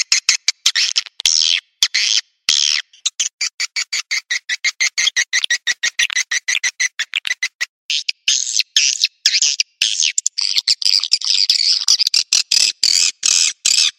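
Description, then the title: Swiftlet calls: dense rattling clicks mixed with buzzy chatter, turning into longer high buzzing twitters in the second half. "Suara Burung Wallet"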